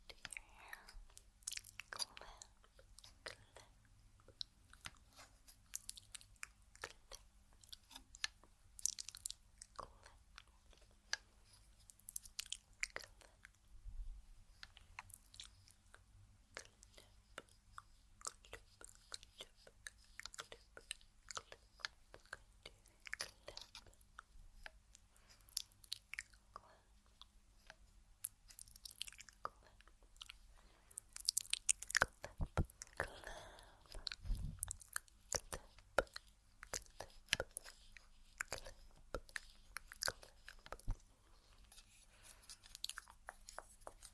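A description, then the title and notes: Mouth sounds: dense, irregular clicks, smacks and crunchy chewing noises crowd the whole 44 seconds, sharp and bright in texture. A steady low hum runs underneath throughout. Around 32 to 35 seconds the smacking grows louder and more forceful before settling back. Mouth Sounds.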